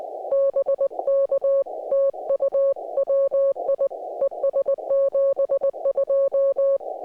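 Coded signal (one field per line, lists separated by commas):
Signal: Morse code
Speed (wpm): 20 wpm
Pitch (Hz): 550 Hz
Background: music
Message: BK TU WI ES 72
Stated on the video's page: QRP Parks on the Air activation during a G2 geomagnetic storm with poor conditions, Yaesu FT-891 and compromise Gabil 7350TC antenna.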